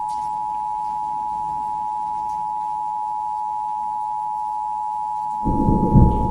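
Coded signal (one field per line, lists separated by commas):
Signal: Emergency Alert System (SAME) tones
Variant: 853 and 960 Hz attention tone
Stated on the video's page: Fictional scenario using valid tones, made for entertainment.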